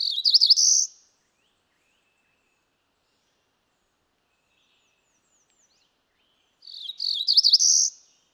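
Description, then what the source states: Cerulean warbler high buzzy phrases, one at the start and another near the end, each rapid buzzes building into a sustained trill, silence between. Female cerulean warbler.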